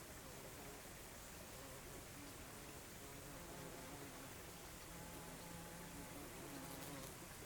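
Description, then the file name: Bee buzzing softly against the steady rush of a stream. Summer field in the countryside near a stream. "Summer field countryside cicadas close bees stream"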